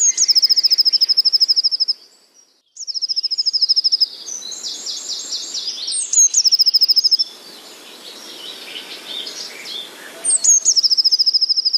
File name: blue tit